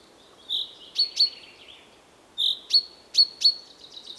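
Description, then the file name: Common chaffinch giving a few sharp, high call notes in two small bursts, each opened by a softer slurred note, over faint background hiss. "Fringilla coelebs"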